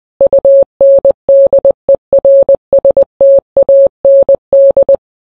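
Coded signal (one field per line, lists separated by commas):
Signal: Morse code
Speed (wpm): 20 wpm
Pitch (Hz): 550 Hz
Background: none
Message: UNDERSTAND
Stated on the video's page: Morse rendition of a song, shortened from a 15-minute original.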